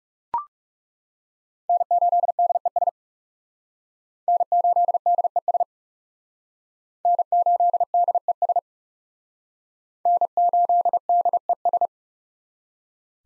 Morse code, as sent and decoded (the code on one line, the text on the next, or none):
-. ---.. -.. . ... / -. ---.. -.. . ... / -. ---.. -.. . ... / -. ---.. -.. . ...
N8DES N8DES N8DES N8DES